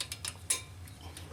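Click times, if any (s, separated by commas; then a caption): 0.5 s. After a thin film of brake grease is applied, a metal brake pad abutment clip is pushed back into the front caliper bracket of a 2006 Toyota Sienna (2004–2010 similar). Light metallic ticks sound at 0.0 and 0.3 s over a steady low hum, then the loudest, sharpest tick comes at 0.5 s as the clip snaps into place and is seated.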